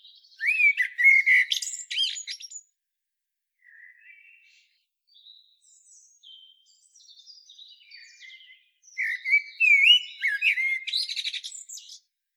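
Common blackbird song, two loud fluty phrases with high squeaky twitter endings, separated by several seconds of soft, quiet warbling.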